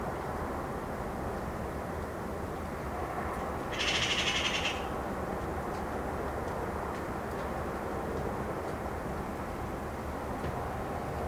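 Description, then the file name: Eurasian magpie giving one harsh, rattling chatter burst about a second long, a rapid run of dry clacking notes, over steady background noise. "Pica pica"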